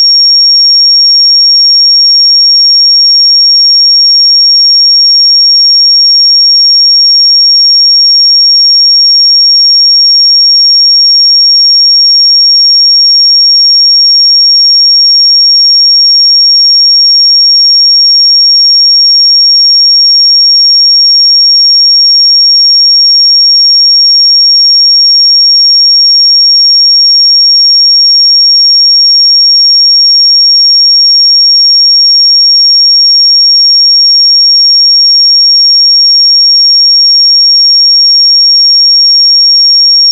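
A pure 5553 Hz sine tone holds perfectly steady and high-pitched for the full forty seconds, unchanging in loudness, with no other sounds.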